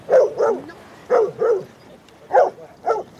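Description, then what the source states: Dog barking in three pairs of barks, each pair about a second apart, with quiet pauses between. Male and female rescue dogs (Newfoundlands, Bernese mountain dogs, golden retrievers) at a beach training session of the Terre-Neuve 13 water-rescue dog club; calm sea, ideal weather.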